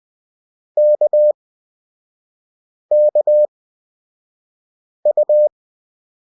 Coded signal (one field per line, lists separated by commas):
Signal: Morse code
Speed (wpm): 20 wpm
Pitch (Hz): 600 Hz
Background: none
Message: KKU